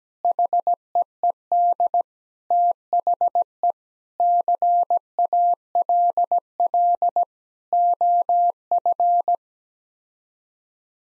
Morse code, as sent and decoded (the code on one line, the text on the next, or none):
.... . . -.. / - .... . / -.-. .- .-.. .-.. / --- ..-.
HEED THE CALL OF